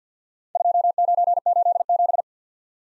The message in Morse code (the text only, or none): 2987